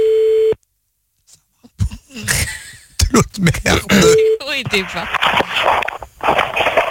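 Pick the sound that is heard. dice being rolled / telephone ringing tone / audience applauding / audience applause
telephone ringing tone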